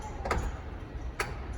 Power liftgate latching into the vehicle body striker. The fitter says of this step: Just wait till it clicks,